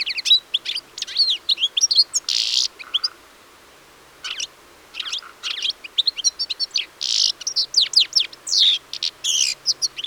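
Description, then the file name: European Goldfinch twittering song, rapid tinkling notes mixed with wheezy buzzes, pausing once before resuming busily. "Carduelis carduelis"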